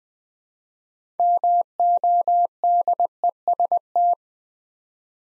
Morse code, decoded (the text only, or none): MODEST